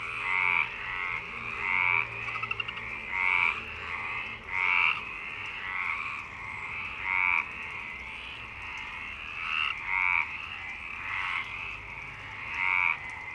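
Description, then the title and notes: Frogs croaking in chorus, a series of buzzy pulsed calls from overlapping callers. Frog chorus at Parc Longchamp, Marseille, Provence-Alpes-Côte d'Azur, France, 26 March 2011, 19:35; recorded with MixPre-6 and Basic Ucho. "Marseille, Provence-Alpes-Côte d'Azur, France - 26_03_11_19_35 Longchamps_004 grenouilles. Grenouilles au parc de Longchamp"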